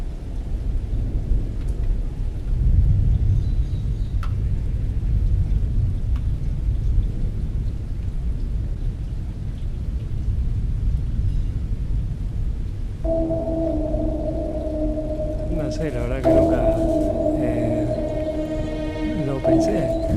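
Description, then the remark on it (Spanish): Steady, heavy rain hisses with a deep rumble of thunder running underneath, and partway through a sustained musical tone with shifting harmonics rises over the downpour. “Da la coincidencia que muchos de esos tangos, también dentro de esa desolación del amor perdido, bueno, aparece esto que es el tema que nos convoca, que es la lluvia.”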